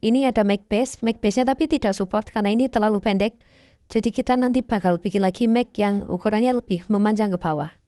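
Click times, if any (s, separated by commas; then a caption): none. A plastic magazine base is handled on a toy model while someone talks throughout. Nothing has seated or clicked yet.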